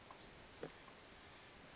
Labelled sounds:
Western Flycatcher
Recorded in Sonoma County, California

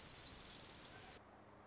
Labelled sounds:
Orange-crowned Warbler
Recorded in Sonoma County, California

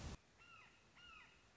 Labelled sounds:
Red-shouldered Hawk
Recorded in Sonoma County, California

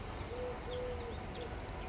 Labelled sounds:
Eurasian Collared Dove
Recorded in Sonoma County, California

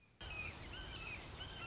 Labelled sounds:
Red-shouldered Hawk
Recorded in Sonoma County, California

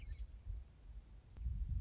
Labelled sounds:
Western Meadowlark
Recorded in Sonoma County, California

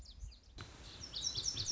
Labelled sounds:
Lazuli Bunting
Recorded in Sonoma County, California

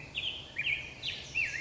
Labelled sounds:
Black-headed Grosbeak
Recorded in Sonoma County, California

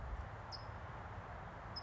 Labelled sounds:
California Towhee
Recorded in Sonoma County, California

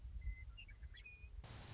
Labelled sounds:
Western Meadowlark
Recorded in Sonoma County, California

